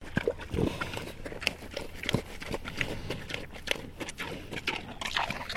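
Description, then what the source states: Landrace pig feeding, producing dense crunchy chewing clicks and wet smacking, with a couple of sharper knocks near the start. Landrace pig eating peaches; a sequence of feeding sounds.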